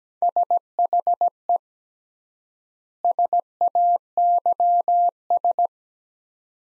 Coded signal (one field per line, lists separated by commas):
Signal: Morse code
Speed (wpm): 17 wpm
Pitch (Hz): 700 Hz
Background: none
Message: SHE SAYS